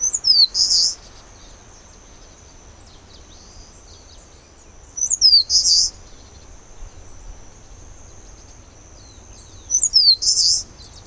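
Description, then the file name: Eastern crowned warbler repeating its short high song three times, about every five seconds: thin downslurred notes, then a harsh buzz, with a steady faint hiss between. "warbler-eastern-crowned -Phylloscopus-coronatus"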